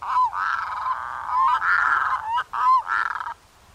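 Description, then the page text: Red-throated Loon giving a run of harsh, goose-like honking phrases linked by brief gaps. On a small pond near Teshekpuk Lake in the Arctic wetlands of northern Alaska, where a family with two chicks lives; the loons return to the same nest sites each year. "BirdNote Daily. Family Time with Red-throated Loons"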